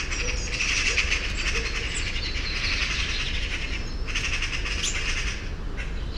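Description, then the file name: Eurasian magpie making a dry, rattling chatter in sustained bursts, with faint thin whistles from other birds and a constant low rumble beneath. "Pica pica"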